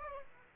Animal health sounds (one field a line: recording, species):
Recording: mosquito wingbeat signal from an infrared sensor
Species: Aedes aegypti